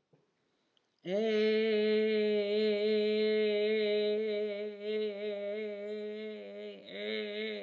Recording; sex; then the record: sustained vowel /e/; female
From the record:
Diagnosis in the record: healthy control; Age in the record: 70 years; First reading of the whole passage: 149 s, 3.0 characters per second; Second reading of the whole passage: 105 s, 4.4 characters per second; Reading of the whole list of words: 65 s, 4.0 characters per second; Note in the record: marked for poor recording quality or reading difficulty